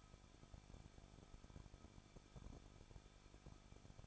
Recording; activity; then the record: daily activity, microphone in the room; no activity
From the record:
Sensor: 5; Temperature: 20.8 degrees Celsius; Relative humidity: 38.2%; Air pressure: 1006.5 hPa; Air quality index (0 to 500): 187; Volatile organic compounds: 18 ppm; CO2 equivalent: 2620 ppm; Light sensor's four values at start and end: 2/3/1/1 and 2/3/1/1